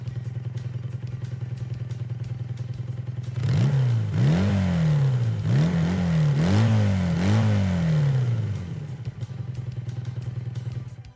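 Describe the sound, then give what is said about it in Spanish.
A motorcycle engine idles with a steady low rumble, then revs up and down about five times in quick succession, each surge rising in pitch before falling back, then settles to idle. “Un perro y una moto son las mejores compañías para iniciar una ruta, para viajar, para vivir.”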